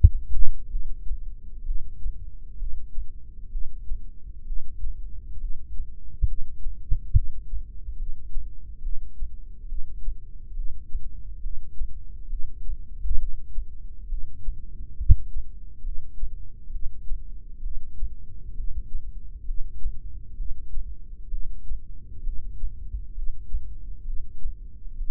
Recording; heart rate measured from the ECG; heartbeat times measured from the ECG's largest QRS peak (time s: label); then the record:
heart sounds by microphone in the left ear; 67 bpm
0.71 s: heartbeat
1.67 s: heartbeat
2.60 s: heartbeat
3.53 s: heartbeat
4.48 s: heartbeat
5.41 s: heartbeat
6.29 s: heartbeat
7.15 s: heartbeat
8.00 s: heartbeat
8.84 s: heartbeat
9.70 s: heartbeat
10.57 s: heartbeat
11.44 s: heartbeat
12.31 s: heartbeat
13.20 s: heartbeat
14.10 s: heartbeat
14.98 s: heartbeat
15.85 s: heartbeat
16.73 s: heartbeat
17.63 s: heartbeat
18.56 s: heartbeat
19.47 s: heartbeat
20.38 s: heartbeat
21.32 s: heartbeat
22.25 s: heartbeat
23.15 s: heartbeat
24.06 s: heartbeat
24.99 s: heartbeat
From the record:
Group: heart failure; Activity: rest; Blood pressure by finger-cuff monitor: 129/88 mmHg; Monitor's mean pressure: 103 mmHg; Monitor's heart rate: 67 bpm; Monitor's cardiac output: 6.2 L/min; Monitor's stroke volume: 93 mL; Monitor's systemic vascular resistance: 1220 dyn s/cm5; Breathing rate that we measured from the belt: 16 breaths a minute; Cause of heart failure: idiopathic cardiomyopathy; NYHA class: 1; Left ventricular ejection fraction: 50%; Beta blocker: bisoprolol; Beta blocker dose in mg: 5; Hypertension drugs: candesartan, spironolactone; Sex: male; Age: 54 years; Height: 180 cm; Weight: 94.6 kg